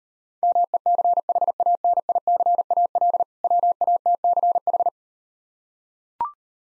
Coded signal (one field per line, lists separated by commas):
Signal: Morse code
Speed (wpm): 39 wpm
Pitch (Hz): 700 Hz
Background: none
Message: MECHANICAL WATCH